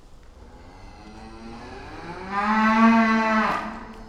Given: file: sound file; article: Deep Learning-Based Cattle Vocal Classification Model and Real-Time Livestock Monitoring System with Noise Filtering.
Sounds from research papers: cattle; food anticipating call

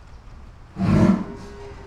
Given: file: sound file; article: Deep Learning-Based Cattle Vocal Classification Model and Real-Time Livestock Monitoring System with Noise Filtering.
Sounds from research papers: cattle; cough sound

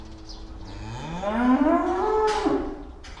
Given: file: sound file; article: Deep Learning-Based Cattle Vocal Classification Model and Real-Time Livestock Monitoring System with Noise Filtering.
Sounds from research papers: cattle; estrus call

